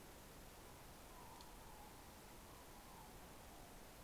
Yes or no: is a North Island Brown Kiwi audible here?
no